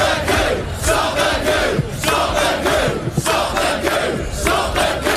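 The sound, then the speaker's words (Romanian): A large street protest crowd of thousands of Britons, demonstrating after Prime Minister Boris Johnson asked for the suspension of Parliament, roars continuously, voices overlapping into a loud, dense wall of shouting with rhythmic surges as people chant and yell together. “Mii de britanici au ieșit în stradă seară după ce premierul Boris Johnson a cerut suspendarea Parlamentului, iar regina Elisabeta a II a acceptat cererea.”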